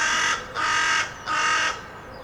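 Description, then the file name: Carrion crow utters three rough, grating caws in close series, harsh and broad-toned. "Corvus corone"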